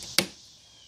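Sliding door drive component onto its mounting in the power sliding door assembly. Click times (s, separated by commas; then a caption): 0.2 s. A power sliding door drive part with a small hole is slid back up onto its mount and pressed home during reassembly of a 2005 Chrysler Town and Country minivan's power sliding door assembly. One sharp snap sounds at 0.2 s and fades quickly. The part snaps into place and is seated.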